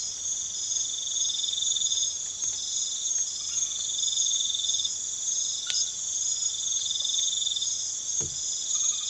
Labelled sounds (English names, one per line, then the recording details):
none
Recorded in pastures near Puerto Asís, Putumayo, Colombia, on 12 March 2025 at 02:30
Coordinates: 0.487, -76.322
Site G077